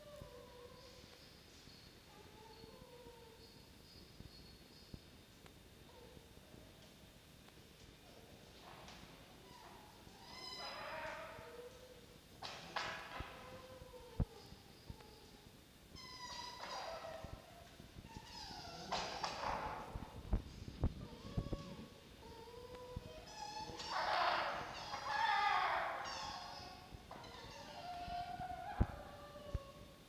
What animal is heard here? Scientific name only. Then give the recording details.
Vulpes vulpes. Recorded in captivity. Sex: diverse. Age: juvenile. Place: Zoologisches Institut der HUB, Berlin, DE. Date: 1953-09-04 10:50. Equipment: Elmetra. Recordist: Tembrock, Günter